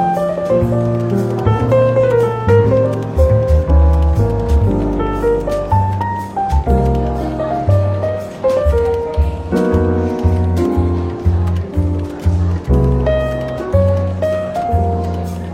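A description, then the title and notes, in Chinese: Soft, relaxed jazz plays steadily in a bookshop café, with a walking bass, piano chords and brushed drums keeping an even, unhurried pulse. 伦敦书店咖啡馆轻微喧闹氛围与柔和轻松的爵士背景音乐。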